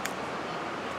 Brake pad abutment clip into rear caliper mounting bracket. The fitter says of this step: we're going to push it down until it snaps in where it belongs